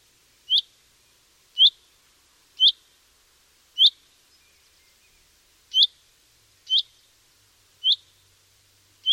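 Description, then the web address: Common chaffinch giving sharp, high 'pink' calls roughly every second, eight notes in a fairly even series with one longer gap midway, against near silence. Bird sound only. "Deverinetal"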